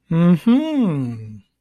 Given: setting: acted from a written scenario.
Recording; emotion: vocal sound without words; interest